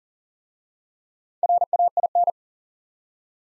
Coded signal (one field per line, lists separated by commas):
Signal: Morse code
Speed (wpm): 38 wpm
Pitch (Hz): 700 Hz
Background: none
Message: RAIN